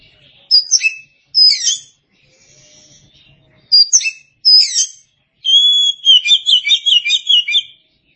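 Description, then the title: Oriental magpie-robin song: four quick, sharp whistled bursts, then a sustained clear note running into a fast rhythmic series of repeated warbled notes. "Suara Kicauan Burung Kacer"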